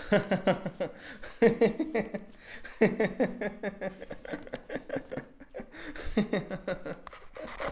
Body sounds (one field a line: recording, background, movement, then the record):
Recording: laughter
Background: quiet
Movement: walking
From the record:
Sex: male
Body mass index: 22.0 kg/m2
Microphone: on the chest, facing outward